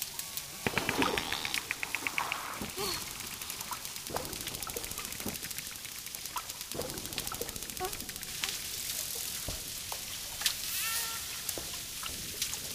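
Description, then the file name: Dolphin click trains running throughout, broken by a few short harmonic squeals near the start and again near the end, with splashing water in the background. Dolphin clicking and whistling, with water splashes. "shelkane svist delfina vspleski vodi"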